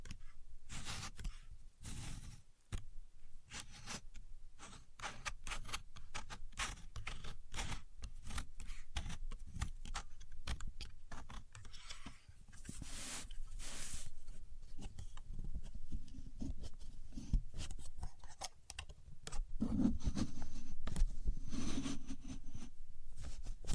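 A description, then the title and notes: A contour gauge is worked, its pins giving off dense, rapid metallic clicks and rattles throughout, with slightly louder, fuller handling after twenty seconds. Using A Contour Gauge (No Talking).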